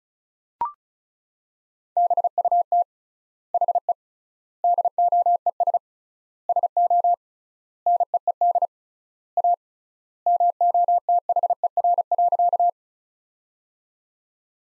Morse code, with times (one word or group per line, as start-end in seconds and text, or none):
2.0-2.8 BUT
3.5-3.9 HE
4.6-5.8 DOES
6.5-7.1 SO
7.9-8.7 NEED
9.4-9.5 A
10.3-12.7 MOTHER.